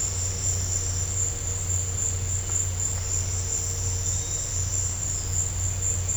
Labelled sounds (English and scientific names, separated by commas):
none